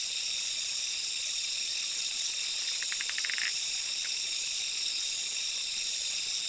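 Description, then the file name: Zoque treefrog giving a brief series of rapid clicks around three seconds, with a dense, droning insect chorus throughout. "Quilticohyla zoque"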